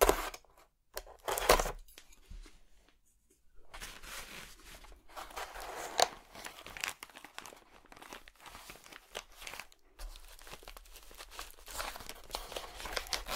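Scraping and crunching from an excavation kit, like digging at an archaeological site. Short sharp scrapes come in the first two seconds, then a brief pause, then near-continuous gritty crinkling and crumbling from about four seconds on, with frequent small scratches and crunches.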